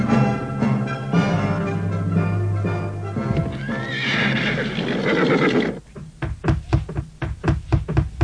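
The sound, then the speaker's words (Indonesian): A horse carrying a load gives a long, shrill whinny with quivering harmonics, then hooves clop in a steady, sharp rhythm of distinct knocks. “Beliau mengirim kuda beserta bebannya pada sahabatmu itu.”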